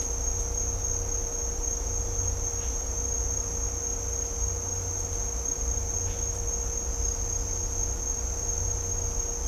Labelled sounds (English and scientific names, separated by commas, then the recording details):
none
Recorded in dense forest near Puerto Asís, Putumayo, Colombia, on 16 December 2024 at 07:30
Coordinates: 0.503, -76.323
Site G043